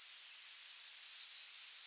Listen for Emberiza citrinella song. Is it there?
yes